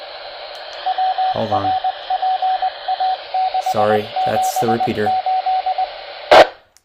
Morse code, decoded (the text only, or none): WRPA678 T